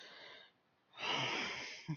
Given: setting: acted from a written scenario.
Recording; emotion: vocal sound without words; guilt